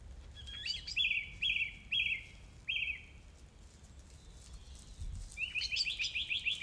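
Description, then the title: Song thrush song: a phrase sung four times in a row, a pause, then a fast series of sharp notes. Recorded 4 May 2021 at 20:35. "2021-05-04 20-35-13-Song-Thursh-4 th-May-2021"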